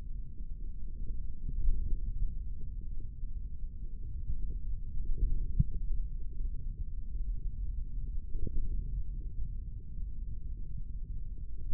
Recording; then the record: forearm muscle sounds (acoustic myography)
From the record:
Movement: index flexion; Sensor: system 3, bracelet of six PUI Audio POM-2738L microphones around the upper forearm, with dedicated amplification and filtering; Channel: 1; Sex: male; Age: 25 years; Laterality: right